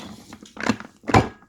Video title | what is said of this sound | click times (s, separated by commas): Talking about forgiveness and making capsules #blackownedbusiness #keepcalm #beyouself #selfcare | You hear that snapping? That's the snaps of the capsules become in one. | 0.6 s, 1.1 s